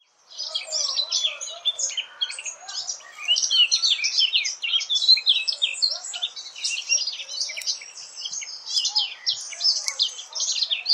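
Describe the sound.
Eurasian blackcap song, a steady stream of rich, rapid warbled notes.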